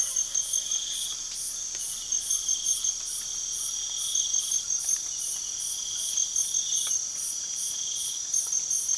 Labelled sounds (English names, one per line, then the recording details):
none
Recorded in pastures near Puerto Asís, Putumayo, Colombia, on 12 March 2025 at 01:00
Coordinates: 0.497, -76.327
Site G072